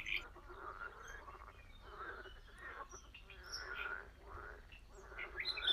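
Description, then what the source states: Frog croaks, harsh and pulsing, come in repeated waves, with occasional high bird chirps over the chorus. Spring sounds at a very old pond.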